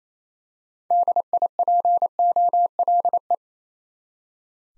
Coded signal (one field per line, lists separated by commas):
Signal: Morse code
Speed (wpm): 27 wpm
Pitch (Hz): 700 Hz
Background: none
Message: DIPOLE